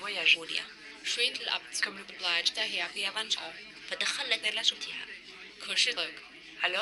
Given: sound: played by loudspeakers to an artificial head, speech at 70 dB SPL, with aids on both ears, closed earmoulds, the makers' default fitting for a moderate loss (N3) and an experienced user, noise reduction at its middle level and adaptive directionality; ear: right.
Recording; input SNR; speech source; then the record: speech test signal (ISTS) in cocktail-party noise; +3 dB; in front (0 degrees)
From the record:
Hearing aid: class 2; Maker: B